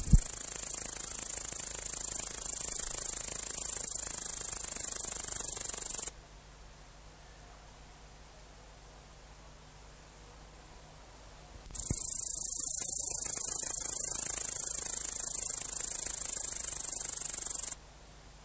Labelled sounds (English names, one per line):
Upland Green Bush-cricket stridulation